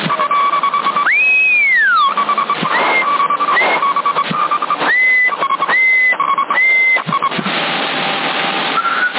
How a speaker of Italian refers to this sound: Ma se fischi non parli, non ti capisco. Mi senti?